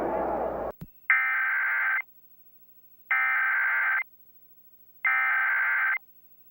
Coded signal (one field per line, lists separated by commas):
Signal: Emergency Alert System (SAME) tones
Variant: header bursts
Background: speech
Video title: EAS Ongoing To Final Moments Of Alert